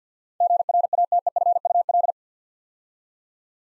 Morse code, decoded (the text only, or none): GRATEFUL